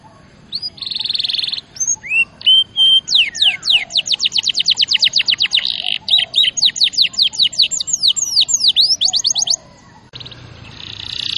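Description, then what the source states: Canary song with a short buzzy trill and whistles, then a long rapid roll of high descending notes lasting several seconds before a noisy break. Champion canary song used as a master recording for training other birds.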